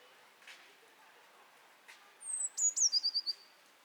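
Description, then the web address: A single blue tit phrase near the end: high, thin descending notes, then a brisk string of repeated, slightly lower notes. Faint clicks come earlier. "SETE Cyanistes caeruleus"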